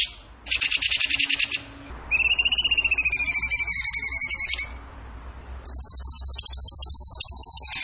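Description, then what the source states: Bird song: a buzzy trill, then a run of clear whistled notes, a short pause, and a high, fast trill. Masteran training recording; tembakan gacor song style.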